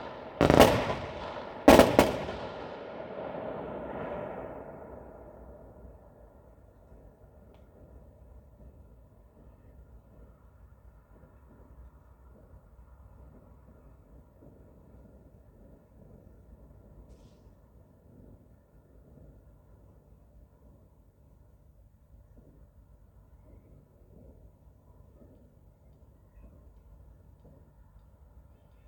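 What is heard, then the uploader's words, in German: Fireworks on New Year's Eve: two sharp, bright bangs burst out in the first two seconds, followed by a rumbling tail that fades over the next few seconds. After that, a low, quiet murmur with faint scattered crackles runs steadily to the end. Silvesternacht: Feuerwerk und Freude.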